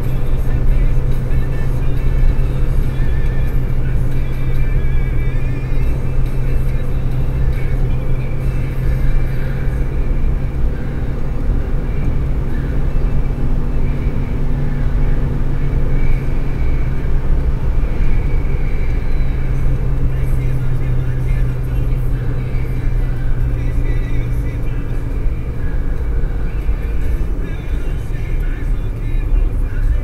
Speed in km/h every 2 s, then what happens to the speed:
130, 130, 129, 131, 133, 137, 139, 139, 136, 131, 125, 121, 117, 113, 106.
0-14 speeds up to 139. 14-30 slows to 106.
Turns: none.